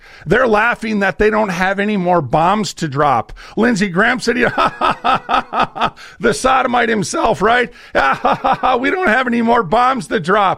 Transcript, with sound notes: They're laughing that they don't have any more bombs to drop. Lindsey Graham said, you know, " (laughs) " The sodomite himself, right? " (laughs) We don't have any more bombs to drop.